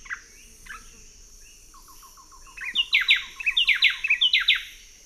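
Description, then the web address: Buff-breasted wren song: a few faint notes, a quick row of low repeated notes, then loud rich whistled phrases in rapid repeated bursts, over a steady high hum. Song and call, recorded in the eastern lowlands of South America. "Natures Songs S America Eastern Lowlands Cantorchilus leucotis, song and call"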